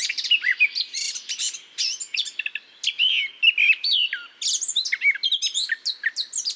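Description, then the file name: Eurasian blackcap producing a lively warble of chirps, buzzy bits and slurred whistles, with a few short pauses between bursts. "Sylvia atricapilla"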